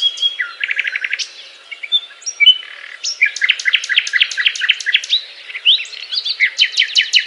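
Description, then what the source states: Nightingale song of rapid repeated notes and loud trills, broken by brief quiet pauses and sliding whistles. Song described as a love serenade.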